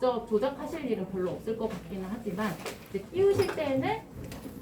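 An ECMO pump drive unit is being handled at the holder on a Xenios console, with someone talking throughout. The clip ends before the unit goes home, so nothing has seated or clicked yet.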